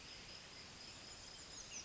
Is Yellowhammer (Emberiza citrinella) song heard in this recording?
no